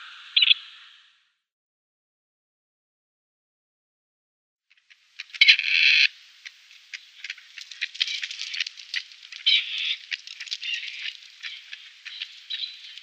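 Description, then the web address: Grey partridge: one short rasping call, a long silence, then sustained harsh, crackling chatter with many uneven bursts. Display call. "Schulze Peter Grey Partridge display"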